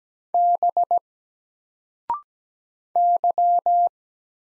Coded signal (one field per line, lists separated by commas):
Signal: Morse code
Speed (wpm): 17 wpm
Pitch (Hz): 700 Hz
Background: none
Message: B Y